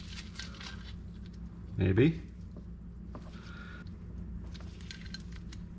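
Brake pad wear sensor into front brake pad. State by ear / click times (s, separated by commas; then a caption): not seated / none. A new brake pad wear sensor is handled and fitted toward its slot in a new front brake pad on a 2013 Audi A4 during a front rotor and brake pad replacement. Light handling ticks and rustles are heard over a steady low hum, and someone talks briefly. Nothing has seated or clicked yet; the sensor is not yet home.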